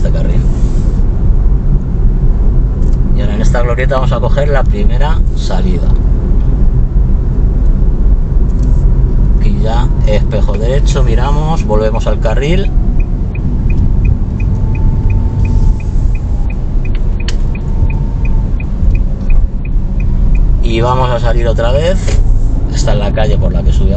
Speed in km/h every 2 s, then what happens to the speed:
41, 41, 41, 41, 40, 38, 31, 24, 19, 18, 18, 25.
0-10 steady at about 41. 10-17 slows to 18. 20-24 speeds up to 25.